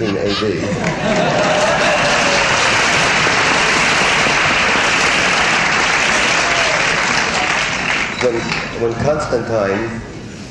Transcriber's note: laughter and applause